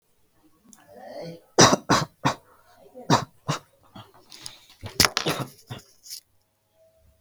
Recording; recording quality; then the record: shallow voluntary cough; moderate, slight background noise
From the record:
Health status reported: healthy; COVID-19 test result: negative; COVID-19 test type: RT-PCR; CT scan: not taken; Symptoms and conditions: cold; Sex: male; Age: 20 years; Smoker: no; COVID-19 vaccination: both doses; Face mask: worn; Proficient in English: yes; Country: India